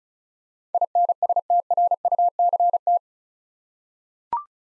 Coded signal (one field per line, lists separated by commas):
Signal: Morse code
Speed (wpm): 36 wpm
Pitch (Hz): 700 Hz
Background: none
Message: INSTRUCT